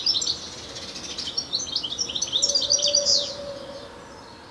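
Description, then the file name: European goldfinch twittering, rapid tinkling high chirps and short buzzy notes tumbling over about three seconds, then fading; a faint low hum runs underneath. "Carduelis carduelis"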